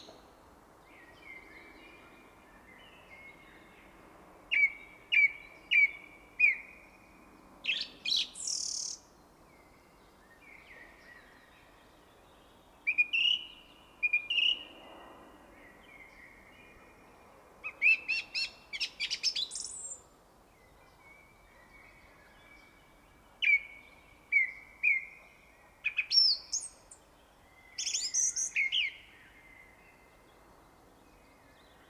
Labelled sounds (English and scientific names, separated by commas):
Song Thrush (Turdus philomelos) song